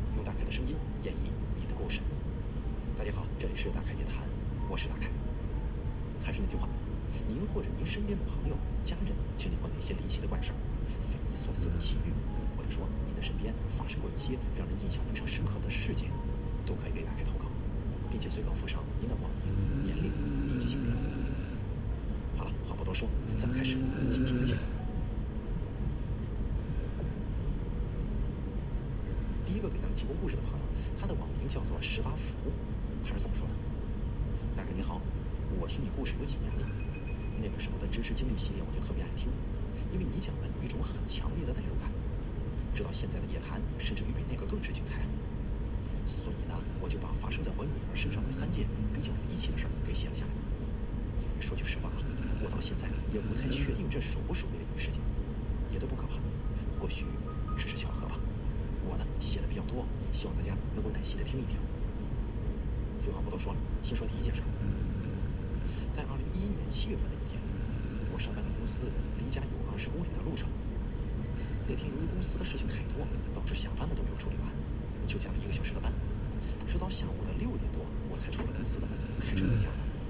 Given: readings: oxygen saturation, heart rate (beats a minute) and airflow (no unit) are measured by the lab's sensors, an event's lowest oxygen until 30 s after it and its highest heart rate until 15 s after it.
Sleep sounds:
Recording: breathing in sleep by a smartphone at the bedside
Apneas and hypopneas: none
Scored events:
28.00-80.10 s: new sleep stage, N2 (light sleep)
From the record:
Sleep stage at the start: N1 (lightest sleep)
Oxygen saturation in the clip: 93 to 95%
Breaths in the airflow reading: 24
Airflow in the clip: -1.8 to 2.9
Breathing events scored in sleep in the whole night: 335 in 6.7 hours asleep

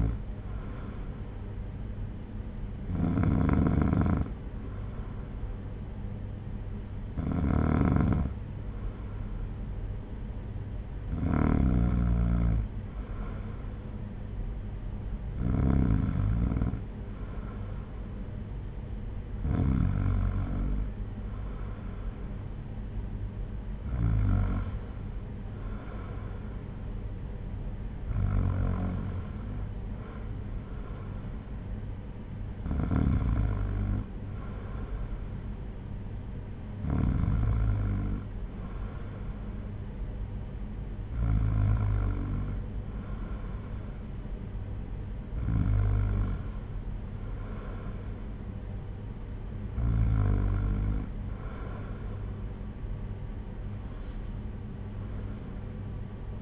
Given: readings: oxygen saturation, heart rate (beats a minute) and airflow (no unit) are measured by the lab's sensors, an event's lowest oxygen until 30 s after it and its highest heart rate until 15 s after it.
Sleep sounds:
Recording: breathing in sleep by a smartphone at the bedside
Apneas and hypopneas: none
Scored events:
none scored
From the record:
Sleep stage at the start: N2 (light sleep)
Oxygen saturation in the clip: 93 to 94%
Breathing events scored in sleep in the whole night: 226 in 8.8 hours asleep

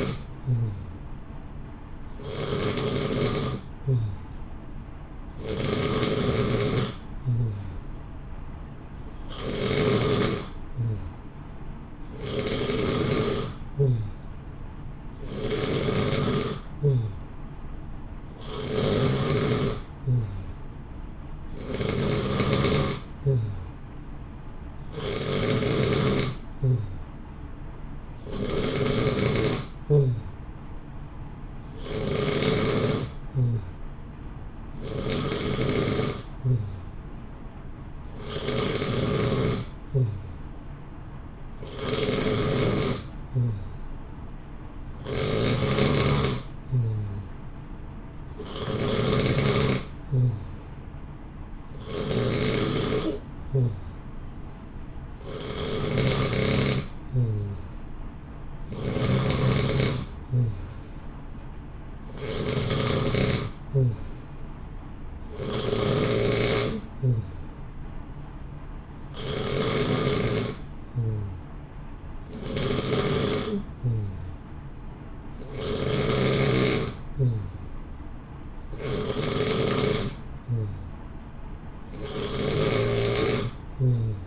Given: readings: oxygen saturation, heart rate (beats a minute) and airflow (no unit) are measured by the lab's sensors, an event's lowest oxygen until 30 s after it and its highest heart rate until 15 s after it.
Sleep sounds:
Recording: breathing in sleep by a smartphone at the bedside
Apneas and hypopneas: none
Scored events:
none scored
From the record:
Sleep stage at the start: N2 (light sleep)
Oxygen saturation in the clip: 90 to 92%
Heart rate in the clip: 60 to 64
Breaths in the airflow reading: 30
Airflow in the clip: -0.8 to 0.9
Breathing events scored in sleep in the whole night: 328 in 6.3 hours asleep

